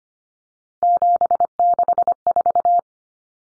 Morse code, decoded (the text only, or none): 764